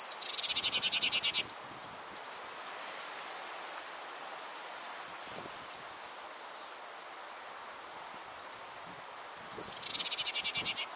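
Bird calls: high rapid trilled buzzy phrases near the start and end, plus two brief bursts of fast high notes in between, over steady faint background hiss.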